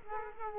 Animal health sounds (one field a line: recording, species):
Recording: mosquito wingbeat signal from an infrared sensor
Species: Culex quinquefasciatus